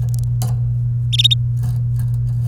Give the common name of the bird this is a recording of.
Domestic Canary